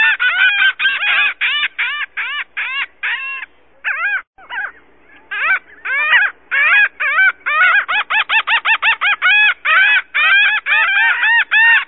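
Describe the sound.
Laughing gull laughing call: a long series of harsh, nasal 'ha' notes, mostly quick and evenly spaced, with a short pause near the middle before the series speeds up again.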